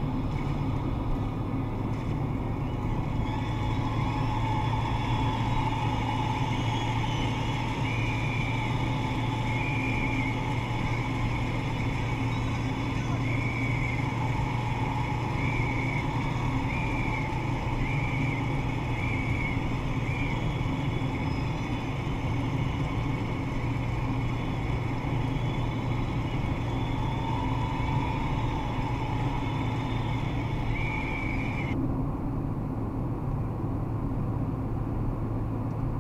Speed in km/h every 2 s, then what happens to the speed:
115, 118, 121, 122, 123, 123, 124, 125, 124, 124, 124, 124, 124, 122, 119, 115, 116, 118.
0-13 speeds up to 125. 13-24 steady at about 124. 24-30 slows to 115. 30-36 steady at about 116.